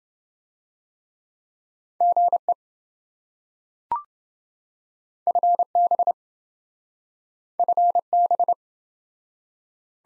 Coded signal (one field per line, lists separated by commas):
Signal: Morse code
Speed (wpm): 27 wpm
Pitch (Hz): 700 Hz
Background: none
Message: GE FB FB